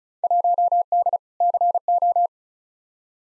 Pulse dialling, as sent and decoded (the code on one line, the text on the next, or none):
none